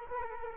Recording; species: mosquito wingbeat signal from an infrared sensor; Culex quinquefasciatus